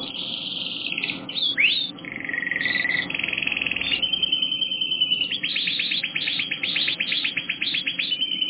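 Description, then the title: Canary song, a continuous run of fast trills and rolling tours, shifting from buzzy rattles to rapid repeated notes. "kenarijos"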